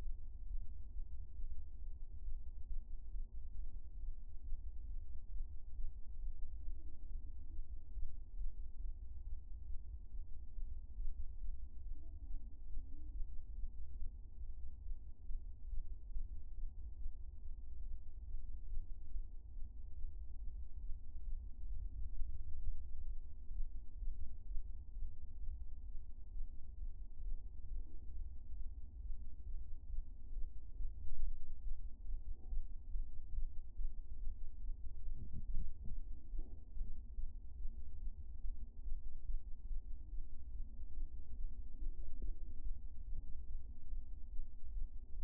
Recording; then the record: fetal heart sounds by stethoscope on the mother's abdomen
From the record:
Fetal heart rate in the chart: 132 bpm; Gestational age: 34 weeks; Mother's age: 22 years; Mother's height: 150 cm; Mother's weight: 62 kg